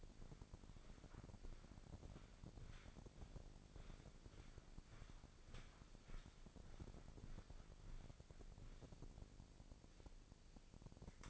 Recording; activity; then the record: daily activity, microphone in the room; walk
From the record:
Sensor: 5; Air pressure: 1009.4 hPa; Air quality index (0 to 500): 153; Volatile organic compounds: 2 ppm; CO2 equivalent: 1179 ppm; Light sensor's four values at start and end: 381/915/392/436 and 379/910/390/434